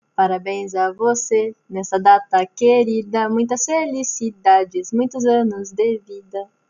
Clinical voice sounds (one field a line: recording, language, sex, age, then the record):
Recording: short text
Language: Brazilian Portuguese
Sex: female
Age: 20 to 29 years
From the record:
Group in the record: control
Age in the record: 21 years